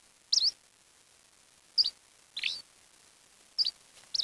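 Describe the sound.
Bird giving brief high squeaky chirps with quick pitch flicks, in scattered bursts about half a second to one and a half seconds apart.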